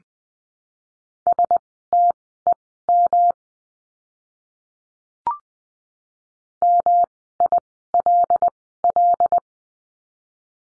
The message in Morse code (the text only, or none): STEM MILL